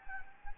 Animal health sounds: mosquito wingbeat signal from an infrared sensor; Anopheles gambiae

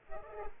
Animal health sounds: mosquito wingbeat signal from an infrared sensor; Culex pipiens

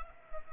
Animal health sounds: mosquito wingbeat signal from an infrared sensor; Culex pipiens

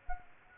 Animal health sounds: mosquito wingbeat signal from an infrared sensor; Culex quinquefasciatus

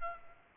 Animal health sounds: mosquito wingbeat signal from an infrared sensor; Aedes aegypti

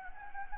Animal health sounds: mosquito wingbeat signal from an infrared sensor; Anopheles gambiae

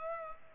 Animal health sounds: mosquito wingbeat signal from an infrared sensor; Culex pipiens

